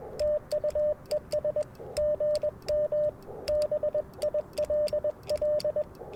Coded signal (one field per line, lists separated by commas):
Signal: Morse code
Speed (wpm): 21 wpm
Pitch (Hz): 590 Hz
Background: radio noise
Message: TUES GM BILL